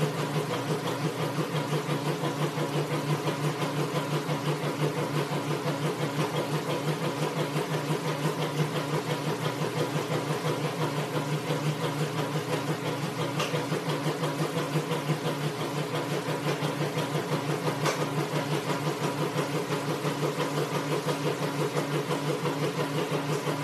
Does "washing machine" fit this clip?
yes